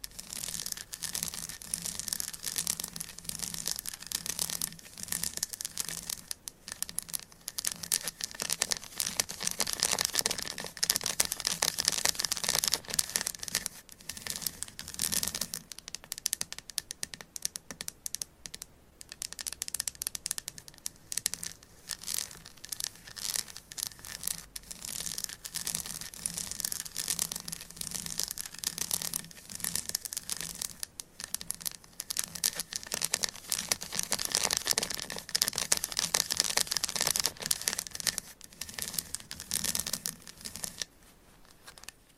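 Gentle tapping and scratching goes on almost without pause, a dense run of small, bright, crisp strokes with a papery crinkle to them. Around 16 to 20 seconds the sound thins and briefly softens before the busy scratching picks up again and continues to the end.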